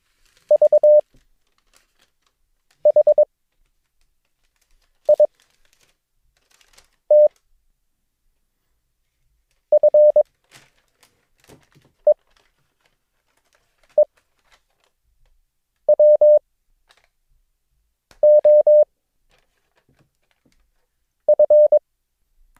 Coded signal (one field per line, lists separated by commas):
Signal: Morse code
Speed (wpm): 22 wpm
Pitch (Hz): 600 Hz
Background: none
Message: V H I T F E E W O F